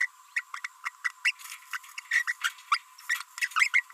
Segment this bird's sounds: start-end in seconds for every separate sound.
0.01-0.06, 0.36-0.41, 0.54-0.59, 0.64-0.67, 0.84-0.89, 1.04-1.11, 1.25-1.31, 1.73-1.77, 1.98-2.00, 2.11-2.23, 2.27-2.32, 2.42-2.49, 2.72-2.77, 3.10-3.22, 3.38-3.47, 3.56-3.68, 3.74-3.80